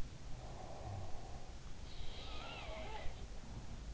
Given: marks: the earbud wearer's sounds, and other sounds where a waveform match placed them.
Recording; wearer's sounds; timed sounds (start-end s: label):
sounds in sleep by an in-ear microphone; breath
0.00-0.57 s: sound from someone else or the room
0.34-3.01 s: breath
1.71-3.94 s: sound from someone else or the room